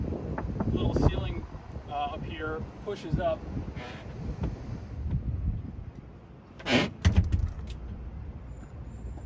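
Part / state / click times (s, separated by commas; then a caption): camper van pop-top ceiling panel latching into the raised position / not seated / none. Someone talks while the raised pop-top ceiling panel of a 1993 Volkswagen Eurovan Westfalia camper van is pushed up by hand toward its raised position, with scattered handling knocks and a louder sharp knock near 7.0 s. The clip ends before the panel goes home, and nothing has seated or clicked into place yet.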